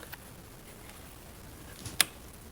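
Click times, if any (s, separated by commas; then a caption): 2.0 s. A wetted heater hose quick-connect coupling on a Volvo S60R is pushed onto the firewall heater pipe, with a soft knock at about 1.9 s before a single sharp, loud click at 2.0 s over a quiet background. The coupling clicks on and is seated.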